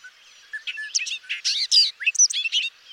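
Bobolink song: a fast burst of bright, metallic, bubbling notes, jumbled and tumbling, starting softly and ending abruptly after about two seconds.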